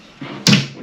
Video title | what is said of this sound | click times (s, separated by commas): Build A Pantry Cabinet From Amazon With Me - Part 2 | hear that snap | 0.5 s